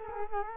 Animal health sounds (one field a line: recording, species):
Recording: mosquito wingbeat signal from an infrared sensor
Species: Culex quinquefasciatus